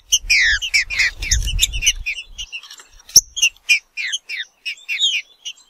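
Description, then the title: Green-winged saltator song in quick clusters of bright, slurred chirps and short whistles. A low rumble sounds early on and a sharp click comes midway. Wild bird in the bush, singing in competition with another free-living bird. "Trinca Ferro NICÃ O"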